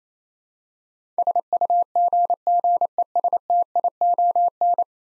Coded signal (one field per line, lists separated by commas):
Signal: Morse code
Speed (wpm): 27 wpm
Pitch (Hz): 700 Hz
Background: none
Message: SUGGESTION